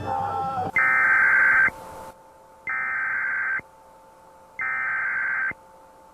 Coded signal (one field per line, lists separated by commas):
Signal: Emergency Alert System (SAME) tones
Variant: header bursts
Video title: EAS Mock // Knock on wood (Try your luck: Reimagined) // St. Patrick’s Day Special //